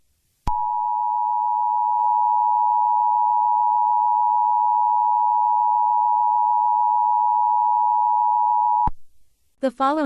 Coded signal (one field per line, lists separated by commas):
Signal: Emergency Alert System (SAME) tones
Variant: 853 and 960 Hz attention tone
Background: speech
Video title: eas scenario#1 The dangerous Mafia